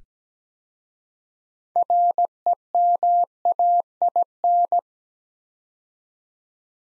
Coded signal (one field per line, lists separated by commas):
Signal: Morse code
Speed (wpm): 17 wpm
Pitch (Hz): 700 Hz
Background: none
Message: REMAIN